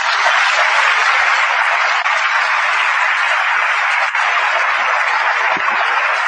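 Sustained audience applause, a dense steady wash of many hands clapping at constant loudness for several seconds, with no voices standing out.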